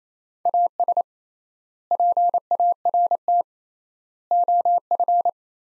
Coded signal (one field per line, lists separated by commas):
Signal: Morse code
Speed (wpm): 28 wpm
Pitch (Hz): 700 Hz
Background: none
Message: AS PART OF